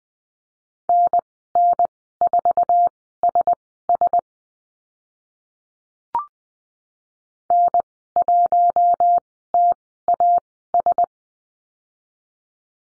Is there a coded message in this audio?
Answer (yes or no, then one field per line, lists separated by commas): yes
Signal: Morse code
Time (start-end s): 0.9-11.0 s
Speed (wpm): 20 wpm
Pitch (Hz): 700 Hz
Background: none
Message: NN4SS N1TAS